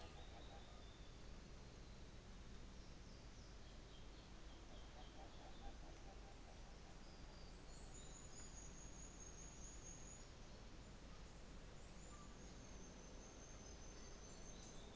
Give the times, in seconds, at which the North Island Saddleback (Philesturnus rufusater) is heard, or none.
none